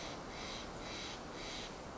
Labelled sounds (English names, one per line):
Steller's Jay